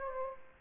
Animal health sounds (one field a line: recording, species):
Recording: mosquito wingbeat signal from an infrared sensor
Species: Aedes aegypti